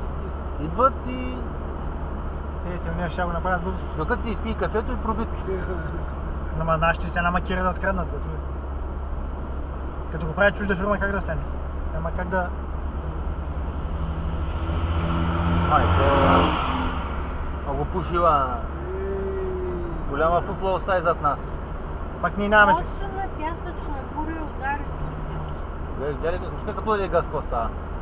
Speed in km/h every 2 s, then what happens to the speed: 55, 55, 53, 53, 52, 52, 52, 52, 53, 55, 57, 59, 58, 59.
0-15 steady at about 52. 15-21 speeds up to 59. 21-28 steady at about 59.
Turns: none.